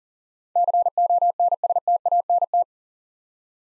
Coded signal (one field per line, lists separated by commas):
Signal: Morse code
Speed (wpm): 40 wpm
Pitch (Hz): 700 Hz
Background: none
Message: CONSTANT